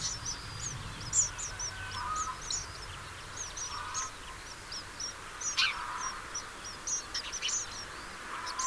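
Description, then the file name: House sparrow chirps, short high notes repeated irregularly with overlapping calls, over a steady low background hum. "Passer domesticus"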